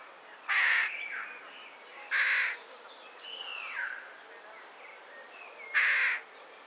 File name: Corvus corone